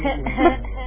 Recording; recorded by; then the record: voluntary cough; telephone call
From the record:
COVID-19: positive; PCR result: checked with the laboratory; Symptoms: no